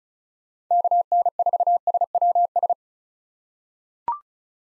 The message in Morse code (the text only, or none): KN4SWS